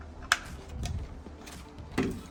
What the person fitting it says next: you can hear a click sound when it goes inside